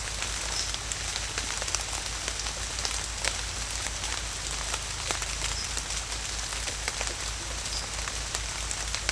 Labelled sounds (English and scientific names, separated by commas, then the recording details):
none
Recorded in secondary vegetation near Puerto Asís, Putumayo, Colombia, on 21 December 2024 at 15:00
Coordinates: 0.499, -76.323
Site G010